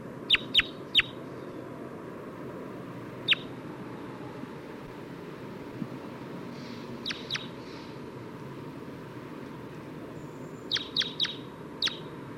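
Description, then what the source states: Red Crossbill giving sharp, loud kip calls, in quick bursts of two or three, with single notes between them, over a steady low hum. Two individuals: one giving loud type 2 calls, the other giving weak calls.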